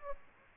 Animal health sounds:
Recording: mosquito wingbeat signal from an infrared sensor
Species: Aedes aegypti

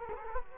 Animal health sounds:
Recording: mosquito wingbeat signal from an infrared sensor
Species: Culex quinquefasciatus

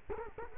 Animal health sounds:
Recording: mosquito wingbeat signal from an infrared sensor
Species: Culex quinquefasciatus

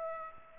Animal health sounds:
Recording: mosquito wingbeat signal from an infrared sensor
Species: Aedes aegypti

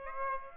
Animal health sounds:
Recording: mosquito wingbeat signal from an infrared sensor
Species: Aedes aegypti

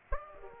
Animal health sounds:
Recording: mosquito wingbeat signal from an infrared sensor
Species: Aedes aegypti

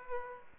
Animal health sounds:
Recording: mosquito wingbeat signal from an infrared sensor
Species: Aedes aegypti

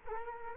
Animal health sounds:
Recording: mosquito wingbeat signal from an infrared sensor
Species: Culex quinquefasciatus

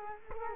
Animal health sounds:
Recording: mosquito wingbeat signal from an infrared sensor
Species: Culex quinquefasciatus

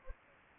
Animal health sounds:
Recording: mosquito wingbeat signal from an infrared sensor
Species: Anopheles gambiae

